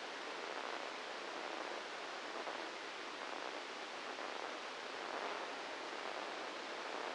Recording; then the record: brain microelectrode recording played as sound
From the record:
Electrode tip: inside the subthalamic nucleus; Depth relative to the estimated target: 0 mm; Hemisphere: right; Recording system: NeuroSet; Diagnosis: Parkinson's disease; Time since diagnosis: 8 years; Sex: male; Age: 59 years